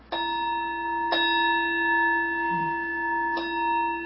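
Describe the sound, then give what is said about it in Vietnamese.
A temple bell is struck three times: two strikes close together, then a longer pause before the third. Each strike rings on as a steady, sustained metallic tone with bright overtones. “Trước khi đánh ta chập chuông, đánh 3 tiếng, 2 tiếng đầu nhặt, tiếng sau khoan.”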